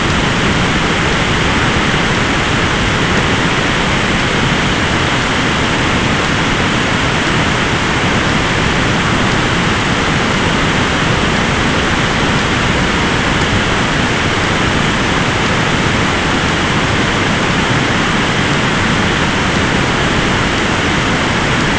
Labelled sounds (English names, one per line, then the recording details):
none
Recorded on Arctic tundra, site ZACK-1, on 14 June 2019
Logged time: 23:49